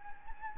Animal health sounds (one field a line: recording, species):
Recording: mosquito wingbeat signal from an infrared sensor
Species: Anopheles gambiae